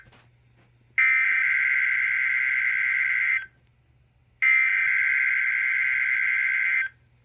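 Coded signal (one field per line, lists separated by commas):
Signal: Emergency Alert System (SAME) tones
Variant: header bursts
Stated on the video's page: Weekly test from weather radio station.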